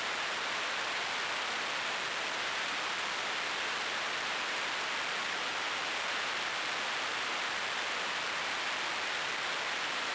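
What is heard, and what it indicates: Simulated tinnitus: a steady, high-pitched hiss, brightest in a band around 10–12 kHz over broadband noise, continuing unchanged through the whole clip.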